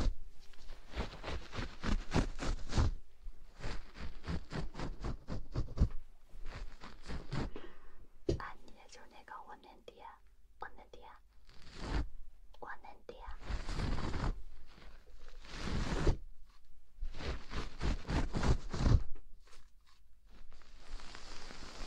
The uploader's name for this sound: ASMR Ear blowing